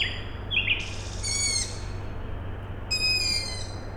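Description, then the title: Owl chicks give two squeaky harmonic calls, preceded by a few short higher notes, over a steady low droning background. Owl chicks calling at night, Tuesday 21 May 2019, Siemianowice Śląskie, Poland; industrial plant in background; recorded with Zoom H5 and Audio-Technica BP4025. "Siemianowice Śląskie, Polska - Owl chicks"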